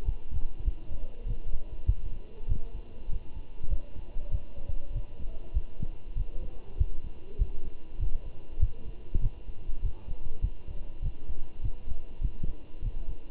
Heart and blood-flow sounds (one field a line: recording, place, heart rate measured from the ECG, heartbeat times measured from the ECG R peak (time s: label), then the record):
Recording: heart sounds by stethoscope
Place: between the tricuspid and mitral areas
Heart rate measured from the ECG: 99 bpm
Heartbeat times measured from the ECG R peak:
0.06 s: heartbeat
0.65 s: heartbeat
1.27 s: heartbeat
1.87 s: heartbeat
2.49 s: heartbeat
3.10 s: heartbeat
3.70 s: heartbeat
4.32 s: heartbeat
4.94 s: heartbeat
5.55 s: heartbeat
6.16 s: heartbeat
6.78 s: heartbeat
7.39 s: heartbeat
8.00 s: heartbeat
8.60 s: heartbeat
9.22 s: heartbeat
9.83 s: heartbeat
10.42 s: heartbeat
11.03 s: heartbeat
11.63 s: heartbeat
12.22 s: heartbeat
12.83 s: heartbeat
From the record:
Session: walking at 3.7 km/h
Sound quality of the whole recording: good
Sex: male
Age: 23 years